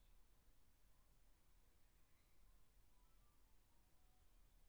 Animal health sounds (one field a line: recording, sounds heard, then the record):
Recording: poultry house recording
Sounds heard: no chicken sound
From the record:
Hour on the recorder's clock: 17